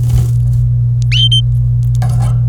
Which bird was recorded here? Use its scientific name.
Serinus canaria